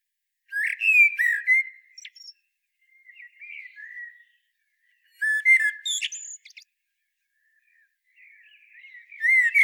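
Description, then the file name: Common blackbird song: a few loud phrases of fluted notes with high twitters, alternating with softer warbled passages, separated by short silent gaps. "Turdus merula"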